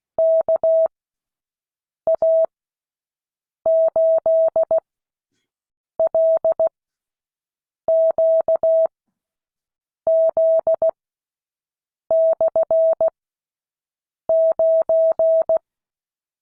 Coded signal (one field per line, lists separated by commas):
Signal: Morse code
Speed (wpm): 16 wpm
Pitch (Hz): 650 Hz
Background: none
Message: KA8LQZ/9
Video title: Morse code class 2022 11 18